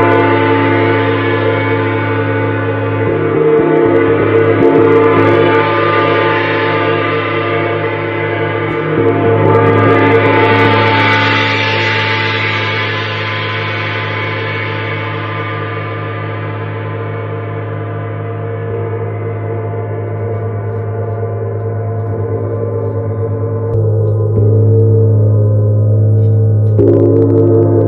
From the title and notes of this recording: 30-Day Neptune Gong Challenge.